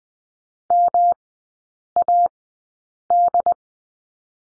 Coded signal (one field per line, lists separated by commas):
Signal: Morse code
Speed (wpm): 20 wpm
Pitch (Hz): 700 Hz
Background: none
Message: MAD